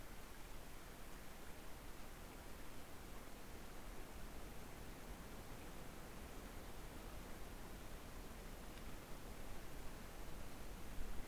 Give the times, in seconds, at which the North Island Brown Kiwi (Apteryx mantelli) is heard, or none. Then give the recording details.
none. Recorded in New Zealand on 2 November 2013. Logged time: 20:59. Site CV71